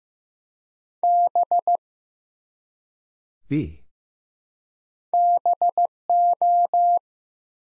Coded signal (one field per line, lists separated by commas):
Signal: Morse code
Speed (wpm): 15 wpm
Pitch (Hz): 700 Hz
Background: none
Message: B BO